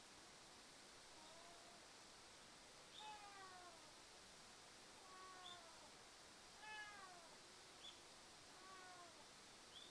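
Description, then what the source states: Domestic cat meowing repeatedly, several drawn-out falling meows over a steady hiss. Family cat Uchan (Uruchi), a male, has caught a mouse and carries it in its mouth to show off; backyard covered with fallen leaves, 10 a.m., sunny morning.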